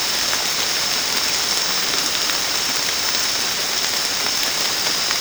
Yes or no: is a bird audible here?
no